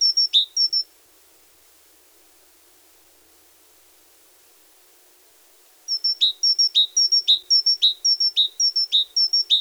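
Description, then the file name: Great tit song: clear two-note phrases, a high note dropping to a lower one, repeated in a quick bout, then about five seconds of silence and a longer run. "Parus major"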